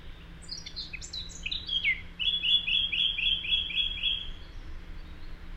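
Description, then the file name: Eurasian blackcap song. Soft, scratchy twittering builds into a regular string of bright, repeated whistled notes, about eight in a row, then fades. "Sylvia atricapilla"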